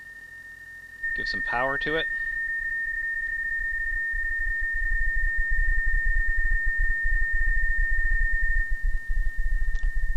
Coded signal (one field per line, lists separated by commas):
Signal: PSK31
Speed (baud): 31.25 baud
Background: speech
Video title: Overview of Ham Radio Deluxe - VE1XOP